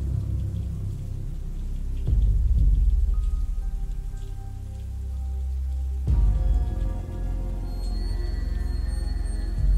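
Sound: rain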